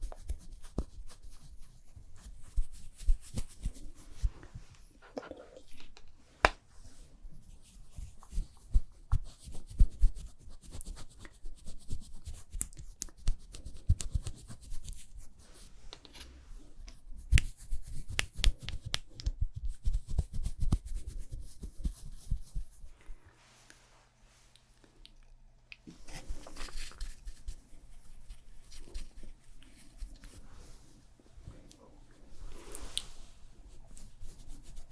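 ASMR makeup sounds, fast and layered: dense rubbing, tapping and scratching clicks that crowd the first twenty-odd seconds, mostly low with bright flicks. Around 23 seconds things thin to a quiet low hum, then soft brushing and rustling returns near 26 seconds.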